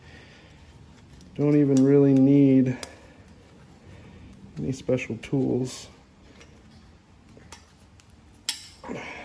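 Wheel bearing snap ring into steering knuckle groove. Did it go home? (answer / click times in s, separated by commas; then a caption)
yes / 8.5 s. A retaining snap ring for the new front wheel bearing on a 2016 Nissan Versa/Note is pushed by hand with the fingers into the groove of the steering knuckle while someone talks. After some faint handling noises, a sharp snap at 8.5 s marks the ring seating in the groove. It is then tapped around with a flat blade screwdriver and hammer to confirm it is fully in the groove.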